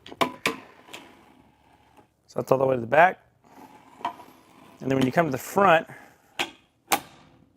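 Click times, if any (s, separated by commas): 6.9 s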